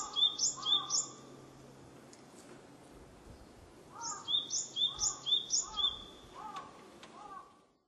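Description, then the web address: Japanese tit song of quick two-note phrases, a short burst, silence, then a longer run of several, with lower chirping notes alongside. Recorded on 20 March 2001. "2001 010320 sijyuukara"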